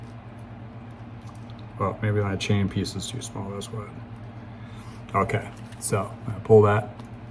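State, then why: Not seated. A metal quick link (power link) in a bicycle chain is handled while someone talks, with faint light rattles under the speech. The chain is about to be pulled to draw the link into its locked position, but the clip ends before that happens, so nothing has seated or clicked yet.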